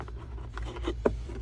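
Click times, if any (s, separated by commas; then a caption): 1.1 s. A dash wiring harness connector for a T Sportline MSX Dash LCD display on a Tesla Model 3 is lined up and pushed home into its mating connector on the second side. Faint rubbing and handling sounds lead to a sharp click at 1.0 s as the connector seats, and the connection is confirmed.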